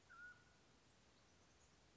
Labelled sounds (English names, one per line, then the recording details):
Mountain Quail
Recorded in Sonoma County, California